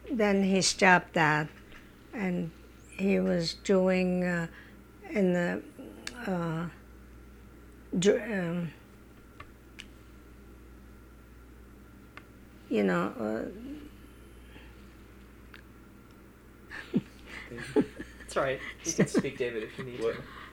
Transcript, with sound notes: Then he stopped that, and he was doing, in the, you know... ( she laughs )
That's all right. You can speak, David, if you need to.